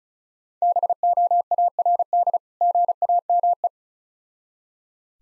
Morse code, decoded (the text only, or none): BOARD GAME